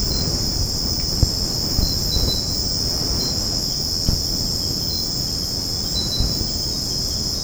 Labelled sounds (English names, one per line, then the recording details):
none
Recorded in secondary vegetation near Puerto Asís, Putumayo, Colombia, on 20 February 2024 at 05:30
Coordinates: 0.489, -76.322
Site G6419